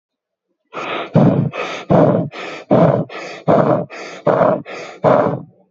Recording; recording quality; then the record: shallow breathing; excellent, no background noise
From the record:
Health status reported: healthy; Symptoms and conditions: none ticked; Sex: male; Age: 30 years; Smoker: not ticked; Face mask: not worn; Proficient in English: yes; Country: India